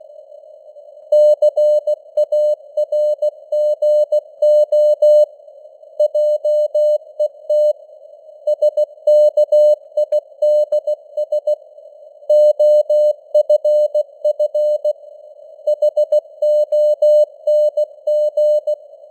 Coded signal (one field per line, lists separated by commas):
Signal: Morse code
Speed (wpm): 16 wpm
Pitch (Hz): 600 Hz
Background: none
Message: CARGO JET SKIDS OFF HONG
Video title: Morse Code News | 2025-10-20 | 16wpm